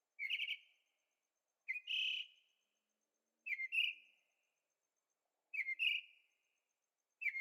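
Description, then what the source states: Bird song: repeated slurred, slightly buzzy phrases of two or three notes, about every two seconds, in an otherwise silent background. Singing at night in Carefree, Arizona; recorded in stereo on a Zoom H6.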